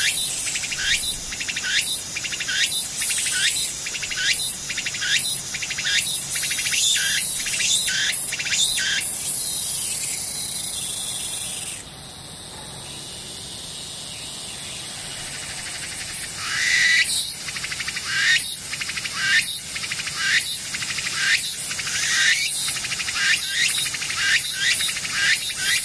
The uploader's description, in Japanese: ムシ